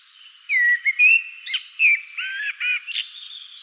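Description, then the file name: Common blackbird song: a rapid run of fluty whistled notes and warbles, ending in a thin high twitter. "Turdus merula"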